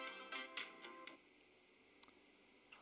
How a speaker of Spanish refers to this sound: Es un ringtone.